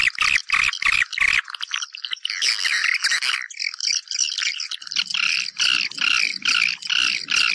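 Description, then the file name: Swiftlet calls, dense twittering chirps repeated rapidly, with sharp clicking pulses between bursts and a faint low buzz in the second half. Lure sound played to attract swiftlets for nest farming. "Am thanh du yen"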